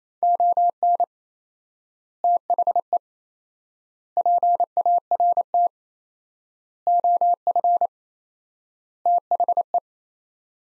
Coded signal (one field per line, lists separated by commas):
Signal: Morse code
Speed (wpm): 27 wpm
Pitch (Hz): 700 Hz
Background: none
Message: ON THE PART OF THE